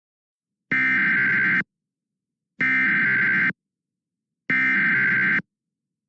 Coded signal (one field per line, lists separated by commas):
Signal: Emergency Alert System (SAME) tones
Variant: header bursts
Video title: Landspout Tornado Warning in Nebraska (EAS)